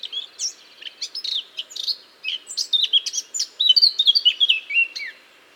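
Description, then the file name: Eurasian blackcap song: a rich warbling run of varied chirps and twitters that builds into louder, clearer fluty phrases over about five seconds. "Sylvia atricapilla"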